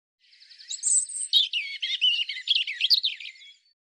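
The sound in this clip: European robin song: a rich, tumbling phrase of high whistles and quick trills that sweeps up and down for over three seconds.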